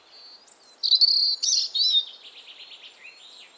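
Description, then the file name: European robin song phrase: a thin whistle rises into a loud, dense jumble of high trilled notes, then trails off in softer twitters. "Erithacus rubecula"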